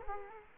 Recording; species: mosquito wingbeat signal from an infrared sensor; Culex quinquefasciatus